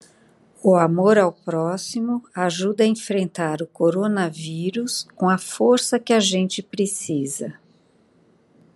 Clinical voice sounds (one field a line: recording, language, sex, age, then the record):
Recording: spoken sentence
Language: Brazilian Portuguese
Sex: female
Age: 60 to 69 years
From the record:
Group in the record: control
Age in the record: 62 years